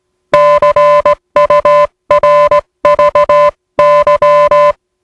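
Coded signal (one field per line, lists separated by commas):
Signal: Morse code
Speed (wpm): 18 wpm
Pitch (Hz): 590 Hz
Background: music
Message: CURVY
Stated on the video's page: Spoof recreation of a TTT safety message in the style of USCG coast station NMC on 500 kHz.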